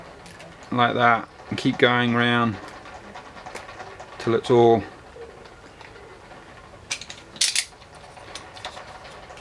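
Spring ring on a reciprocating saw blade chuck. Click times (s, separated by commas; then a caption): 7.4 s. Someone talks while a small metal spring ring, hooked on at its bottom corner, is rotated around the blade chuck of an Einhell sabre saw (reciprocating saw). A few faint metallic ticks come first, then a sharp ratchet-like click at 7.4 s as the ring snaps into its groove and seats.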